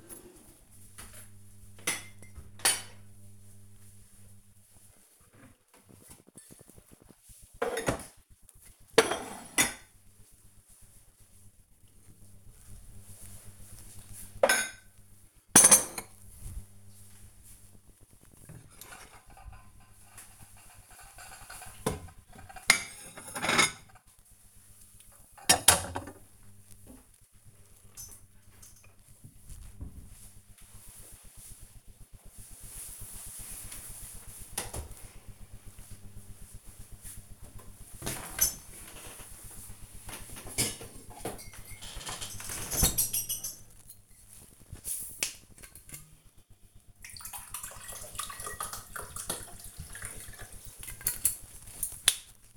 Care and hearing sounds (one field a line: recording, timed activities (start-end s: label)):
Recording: household activities, microphone on the right wrist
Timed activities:
0.00-28.59 s: putting away the dishes
36.63-52.57 s: drinking